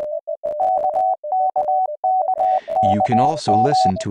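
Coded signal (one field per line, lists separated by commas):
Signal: Morse code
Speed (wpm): 20 wpm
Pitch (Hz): 750 Hz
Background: speech, music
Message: KKKKM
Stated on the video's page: Computer-generated Koch-method practice words from a Windows training program, simulating real transmission with QSB fading and QRM interference, adjustable speed and tone.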